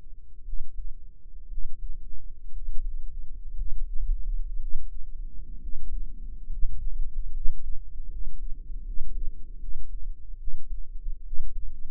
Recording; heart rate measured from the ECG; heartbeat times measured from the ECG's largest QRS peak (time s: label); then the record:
heart sounds by microphone in the right ear; 67 bpm
0.42 s: heartbeat
1.47 s: heartbeat
2.50 s: heartbeat
3.54 s: heartbeat
4.57 s: heartbeat
5.58 s: heartbeat
6.48 s: heartbeat
7.30 s: heartbeat
8.07 s: heartbeat
8.83 s: heartbeat
9.58 s: heartbeat
10.36 s: heartbeat
11.22 s: heartbeat
From the record:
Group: healthy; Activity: rest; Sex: male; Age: 23 years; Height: 178 cm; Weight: 96.6 kg